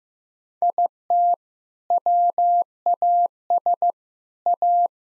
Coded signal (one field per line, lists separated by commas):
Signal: Morse code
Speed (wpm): 15 wpm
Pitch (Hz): 700 Hz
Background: none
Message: IT WAS A